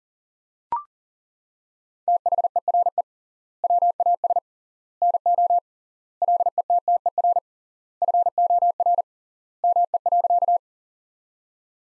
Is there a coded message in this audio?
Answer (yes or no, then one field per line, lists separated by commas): yes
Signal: Morse code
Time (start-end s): 2.1-10.6 s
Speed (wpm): 40 wpm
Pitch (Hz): 700 Hz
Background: none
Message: THERE WAS NO LETTER FOR ME.